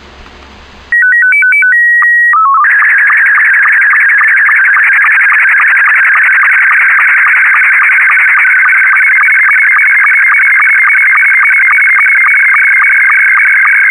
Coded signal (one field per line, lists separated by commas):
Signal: SSTV (slow-scan television)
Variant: Scottie 2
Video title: The Greater Z's Radio Airchecks: DWGV-FM “GV 99.1” Pampanga (SEPT. 27, 2018 & MARCH 22, 2019)